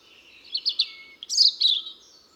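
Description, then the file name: European robin song, two short bursts of high, tinkling notes separated by a brief pause, the second louder and richer, over a faint steady hum. "Erithacus rubecula"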